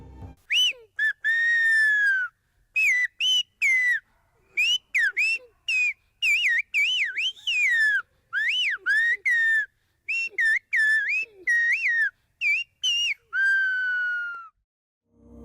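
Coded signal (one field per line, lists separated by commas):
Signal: whistled language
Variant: Silbo Gomero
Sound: a loud clear whistle gliding up and down in many short phrases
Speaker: Le Silbo Gomero, langage sifflé encore parlé à La Gomera, en est une preuve vivante. Ce système permettait de transmettre des messages sur de longues distances,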